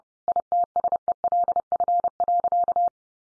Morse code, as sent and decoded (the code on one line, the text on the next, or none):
.. - ... . .-.. ..-. .-.-.-
ITSELF.